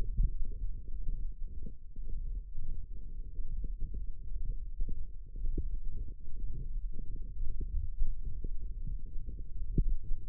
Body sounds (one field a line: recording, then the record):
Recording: forearm muscle sounds (acoustic myography)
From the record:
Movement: hand closing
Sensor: system 1, eight BSWA MPA416 microphones around the upper forearm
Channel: 6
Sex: female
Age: 21 years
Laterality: right